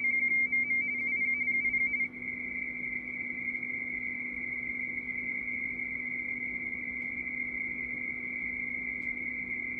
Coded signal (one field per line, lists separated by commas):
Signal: RTTY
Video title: C21MM 20m RTTY